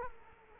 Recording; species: mosquito wingbeat signal from an infrared sensor; Culex quinquefasciatus